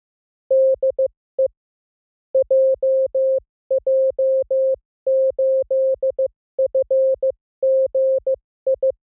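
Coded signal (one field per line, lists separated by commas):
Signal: Morse code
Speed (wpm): 15 wpm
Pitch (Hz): 530 Hz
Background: music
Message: DE JJ8FGI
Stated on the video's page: Morse training drill of random Japanese callsigns at speeds from 15 to 25 WPM, 300 calls, generated at a 44100 Hz sampling rate.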